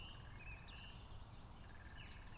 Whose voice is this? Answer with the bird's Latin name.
Phylloscopus collybita